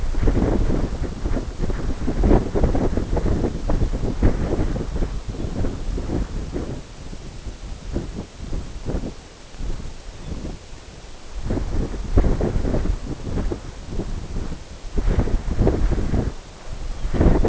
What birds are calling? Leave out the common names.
Calcarius lapponicus